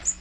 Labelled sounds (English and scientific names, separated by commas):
Magnolia Warbler (Setophaga magnolia) flight call